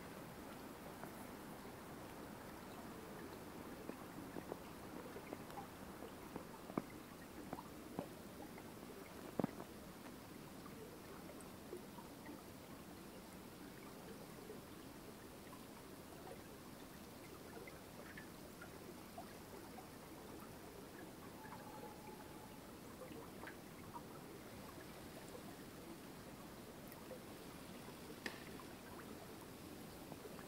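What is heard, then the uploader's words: A flowing creek runs steadily through the whole clip, a dense, even rushing with a low rumble beneath it. Scattered sharp clicks and crunches stand out between about six and ten seconds and again near twenty-eight, and a brief bird whistle appears around twenty-two seconds. Walking in Snow. Take a walk through the snow covered woodlands of Pennsylvania. Hear the crunching of snow underneath boots, the calming sounds of a nearby flowing creek, some birds sounds. This was recorded with binaural in-ear microphones.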